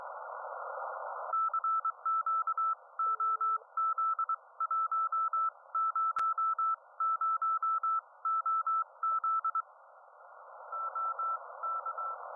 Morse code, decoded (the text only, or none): CQ OZ100 OZ OK